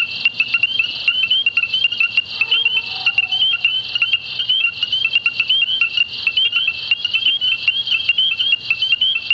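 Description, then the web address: Tree frogs calling in a dense chorus, many rapid high chirping notes overlapping continuously with steady clicking pulses throughout. "frogs Family Hylidae"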